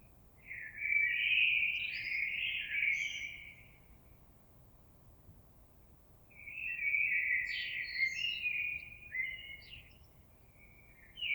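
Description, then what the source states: Common blackbird song: two flowing warbled phrases with brief higher twittery notes, separated by a pause, and the start of another phrase at the close. Recorded on 26 April 2022.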